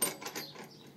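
The hold-down clamp on an Einhell TC-SM 2531/1 U crosscut sliding mitre saw is slid along its post and locks into place with a short, sharp mechanical click at 0.0 s. A couple of fainter rattles follow around 0.3 s and 0.4 s before the sound fades. The clamp is seated.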